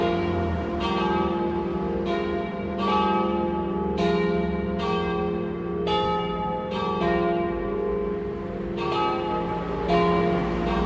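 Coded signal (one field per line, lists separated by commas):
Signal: bell signal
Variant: battiore e dopli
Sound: several church bells ringing in rapid overlapping strikes, about one every second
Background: outdoor ambience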